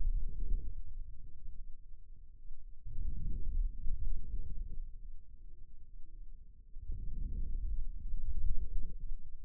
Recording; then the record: forearm muscle sounds (acoustic myography)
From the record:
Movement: outward rotation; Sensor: system 2, bracelet of six BSWA MPA416 microphones around the upper forearm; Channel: 6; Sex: male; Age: 22 years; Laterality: right